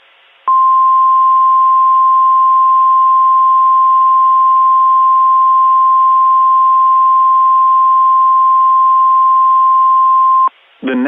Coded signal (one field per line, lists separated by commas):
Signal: Emergency Alert System (SAME) tones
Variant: 1050 Hz attention tone